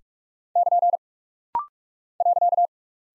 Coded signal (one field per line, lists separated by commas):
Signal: Morse code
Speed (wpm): 44 wpm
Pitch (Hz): 700 Hz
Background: none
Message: <KN> .